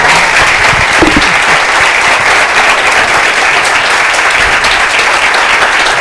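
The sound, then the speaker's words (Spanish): An audience applauds steadily for several seconds at a Catholic formation course for university students, a dense, even wash of clapping that stays loud throughout, with a brief low murmur early on. “Yo, no, a mí no me aplaudan, yo lo voy a ustedes, a ustedes.”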